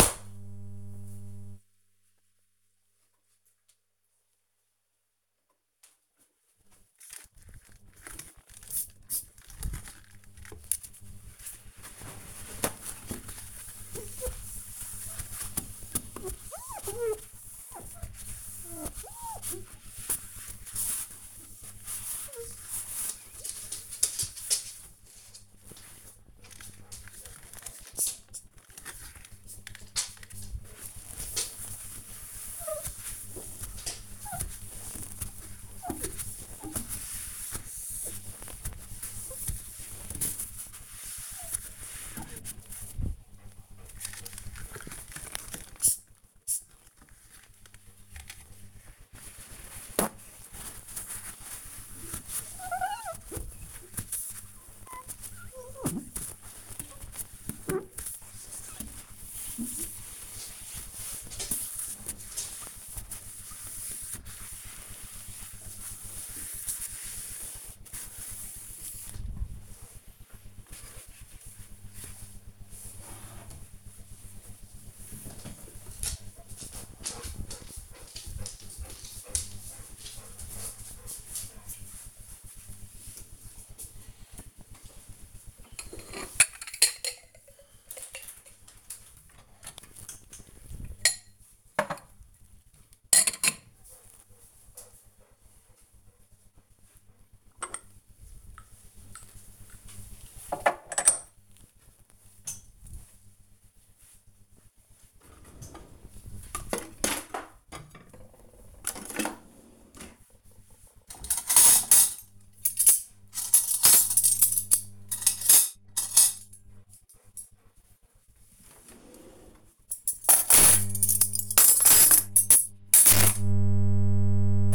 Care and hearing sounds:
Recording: household activities, microphone on the right wrist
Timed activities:
4.76-69.25 s: window cleaning
84.37-124.75 s: putting away the dishes

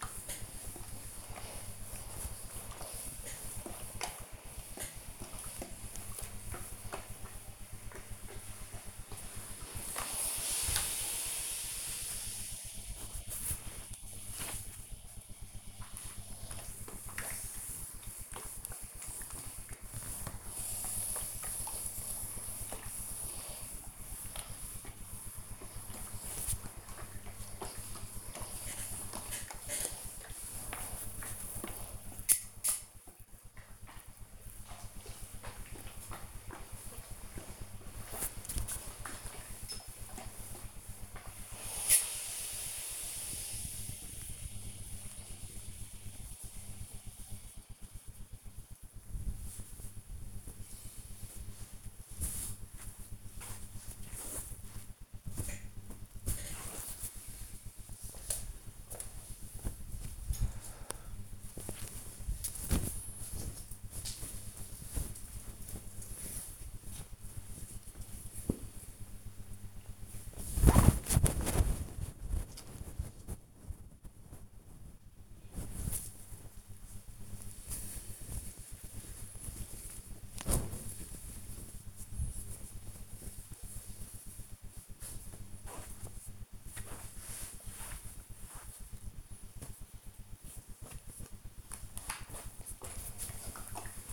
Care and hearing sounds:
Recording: household activities, microphone on the right wrist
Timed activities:
0.00-62.67 s: ironing laundry

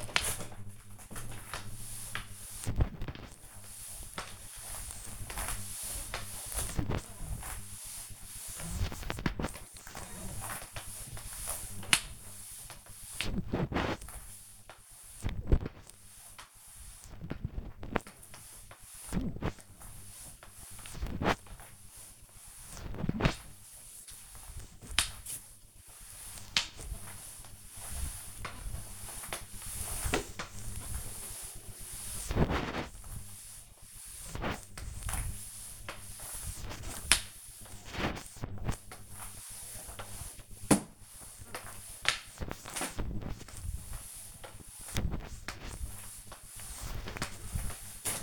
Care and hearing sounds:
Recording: household activities, microphone on the right wrist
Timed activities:
0.00-48.23 s: floor cleaning

